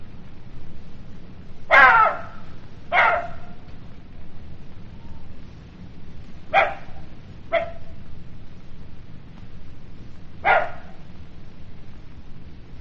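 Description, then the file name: Jackal giving five irregular barks, some rasping and drawn out, others short and clipped, spread across about nine seconds over a low droning background. "zvuki shakala"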